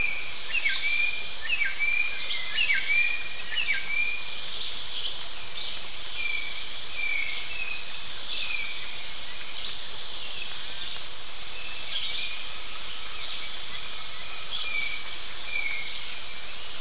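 A wet jungle chorus: a dense, steady hiss of insects and birds fills the upper range throughout. Quick repeated chirps come in a run over the first four seconds, and brief high whistles cut through around six to eight seconds and again near thirteen.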